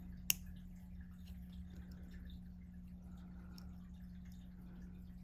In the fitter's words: I heard it click into something.